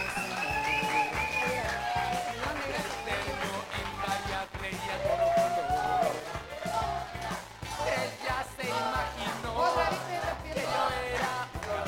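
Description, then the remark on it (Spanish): A crowd applauds steadily with dense clapping, while scattered yells and whoops rise above it throughout, staying loud and continuous for the whole stretch, applauding young performers who came from afar to a self-organized anti-mining event. “Esta cuestión que ustedes están viendo es autogestionada, así que un fuerte aplauso acá para los compas que venían de lejos.”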